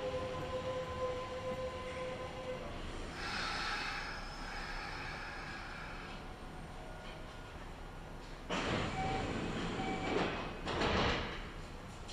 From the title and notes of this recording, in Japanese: 耳で楽しむ鉄道旅 近鉄大阪線 区間準急 大和朝倉→近鉄下田。大和朝倉始発の区間準急大阪上本町行きに乗り換えました。区間準急なので途中の河内山本までは各駅停車となります。